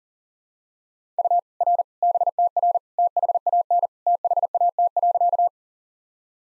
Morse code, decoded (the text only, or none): U R BTR THAN THAT.